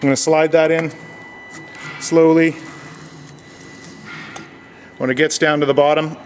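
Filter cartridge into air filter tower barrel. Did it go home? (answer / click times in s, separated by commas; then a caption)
no / none. A new filter cartridge is slid slowly down into the barrel of an air filter tower, with only faint sliding sounds and a small tap near 3.4 s between stretches of someone talking. The cartridge has not yet been pushed home, and nothing has seated or clicked yet.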